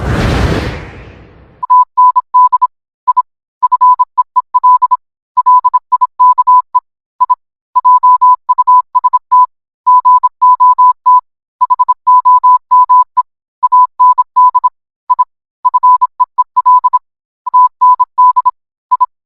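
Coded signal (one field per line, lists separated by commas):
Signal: Morse code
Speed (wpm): 26 wpm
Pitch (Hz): 1000 Hz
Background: none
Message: TND I FEEL LIKE I JUST GOT HOME AND I FEEL TND I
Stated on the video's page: Morse code rendition of a cartoon scene.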